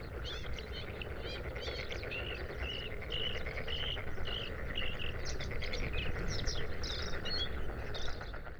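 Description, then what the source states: Bluethroat song: quick varied phrases of chirps, buzzy notes and short whistled trills, high-pitched and restless, over a low hum. Recorded 5 May 2025 at 06:10 at Sha Cheng Wetland, Hebei, China; four-minute recording with three bursts of song separated by fades.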